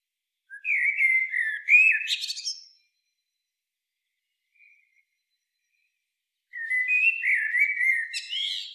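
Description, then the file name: Eurasian blackbird singing two mellow, fluting phrases, each sliding through low warbled notes before breaking into a high, scratchy twitter, separated by a quiet gap of about four seconds. "Turdus merula"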